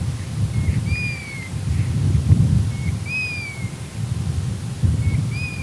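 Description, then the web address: Golden plover repeating its mournful descending whistle three times, each preceded by a short lower note, with heavy low rumbling noise throughout. "Piviere dorato"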